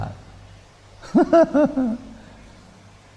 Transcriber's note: laughing